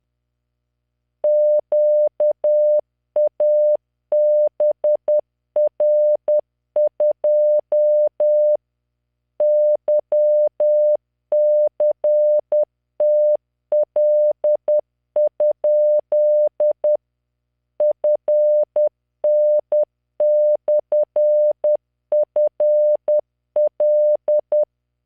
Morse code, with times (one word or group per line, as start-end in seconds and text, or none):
1.2-8.6 QABR2
9.4-17.0 YCTL?
17.8-24.6 FN/FL